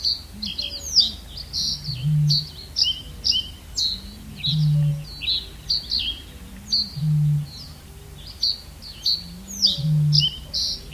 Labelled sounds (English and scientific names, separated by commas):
Reed Bunting (Emberiza schoeniclus)